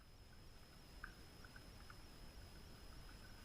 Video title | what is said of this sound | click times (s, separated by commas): Puch moped light change | To reinstall, we'll gently push in and twist the opposite way until the bulb locks into place. | 1.0 s